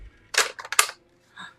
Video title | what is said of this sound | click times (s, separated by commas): Mandalorian Amban Phase-pulse Blaster Riflle by Nerf LTD. Star Wars | see that pops open | 0.7 s, 0.8 s